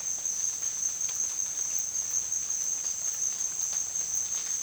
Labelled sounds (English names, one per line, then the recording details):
none
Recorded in dense forest near Puerto Asís, Putumayo, Colombia, on 29 June 2025 at 13:30
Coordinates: 0.466, -76.327
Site GP04